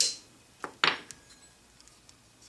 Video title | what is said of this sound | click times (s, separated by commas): Complete Beginner's Guide to Basic Gun Maintenance | and just snaps in place | 0.0 s, 0.8 s